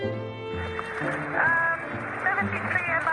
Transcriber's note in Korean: 현장음: 러시아 햄 통신